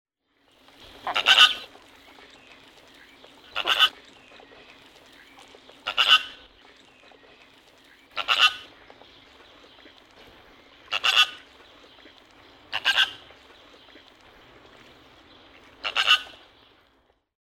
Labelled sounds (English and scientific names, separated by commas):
Chilean Flamingo (Phoenicopterus chilensis)